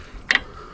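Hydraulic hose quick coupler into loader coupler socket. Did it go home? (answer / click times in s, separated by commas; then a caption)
yes / 0.3 s. A metal hydraulic hose quick coupler on a tractor loader is pushed into the loader's coupler socket with its collar pushed back, reconnecting the hydraulic line. Two sharp, bright metallic clicks sound at about 0.3 s and 0.4 s over a quiet background. The coupler seats and locks into place.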